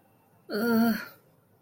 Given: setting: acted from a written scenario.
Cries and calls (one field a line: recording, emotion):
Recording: vocal sound without words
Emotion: guilt